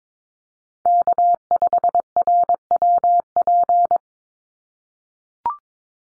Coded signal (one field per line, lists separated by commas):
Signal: Morse code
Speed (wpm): 22 wpm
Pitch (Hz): 700 Hz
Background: none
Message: K5RWP